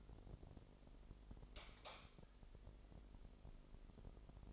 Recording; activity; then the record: daily activity, microphone in the room; light on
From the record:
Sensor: 5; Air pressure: 995.4 hPa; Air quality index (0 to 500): 90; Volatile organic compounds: 4 ppm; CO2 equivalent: 1701 ppm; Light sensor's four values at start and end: 32/75/30/30 and 34/82/33/33